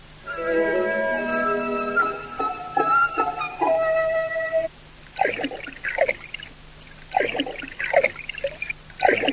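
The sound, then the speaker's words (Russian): A raccoon sitting by a stream, dabbling and rinsing food in the stream water: uneven bursts of splashing and sloshing in the second half, after several seconds of steady, high whistling tones. “Вот и сейчас я вижу енота, сидящего у ручья и окунающего что-то в воду.”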